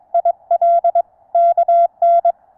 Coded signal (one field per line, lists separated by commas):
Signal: Morse code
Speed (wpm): 22 wpm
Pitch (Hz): 680 Hz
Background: none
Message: IL KN